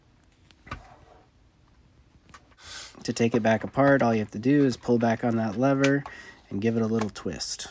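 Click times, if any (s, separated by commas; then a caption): 0.7 s. A plastic paint container is slipped into the groove on a paint sprayer body and twisted until it locks in place, with a short click at 0.7 s. A few faint handling sounds follow near 2.3 s, and then someone talks.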